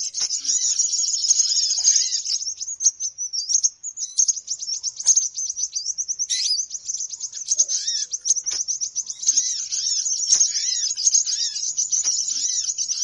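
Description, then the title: Bird calls as a continuous, busy chatter of sharp high chirps and fast trills, steady throughout with brief dips in loudness. Lure sound used to attract birds; said to draw many birds close as soon as it is played. "Suara Pikat Burung Ribut"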